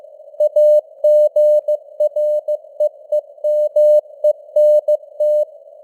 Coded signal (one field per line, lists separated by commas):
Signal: Morse code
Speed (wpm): 15 wpm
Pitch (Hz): 600 Hz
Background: none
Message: AGREEMENT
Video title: Morse Code News | 2025-11-07 | 15wpm